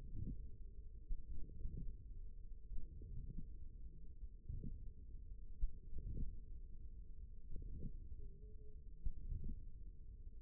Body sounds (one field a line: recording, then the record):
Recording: forearm muscle sounds (acoustic myography)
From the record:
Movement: hand closing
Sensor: system 1, eight BSWA MPA416 microphones around the upper forearm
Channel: 2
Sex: male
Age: 54 years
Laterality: right